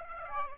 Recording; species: mosquito wingbeat signal from an infrared sensor; Aedes aegypti